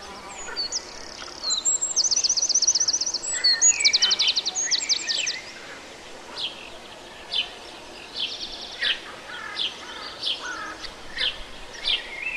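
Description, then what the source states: Eurasian wren song, a fast loud outpouring of high trills and rattling notes in the first five seconds, followed by scattered high chirps. Urdaibai estuary (Oka), Spain.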